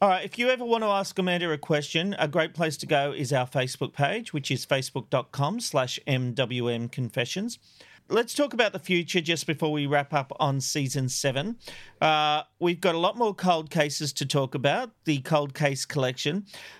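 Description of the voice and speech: A man speaks fluently at a relaxed pace with clear articulation and steady voice, which is ordinary speech.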